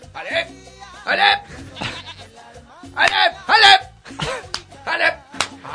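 A goat bleats several times in quick succession, each call a wavering, nasal cry rising and falling in pitch, loud and separated by brief pauses.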